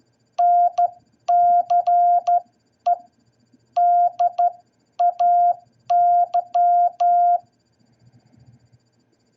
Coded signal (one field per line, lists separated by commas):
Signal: Morse code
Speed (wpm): 12 wpm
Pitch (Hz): 700 Hz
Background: none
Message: NCE DAY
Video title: What Is Independence Day In Morse Code?